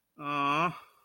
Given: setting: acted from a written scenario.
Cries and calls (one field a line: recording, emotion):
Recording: vocal sound without words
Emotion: sympathy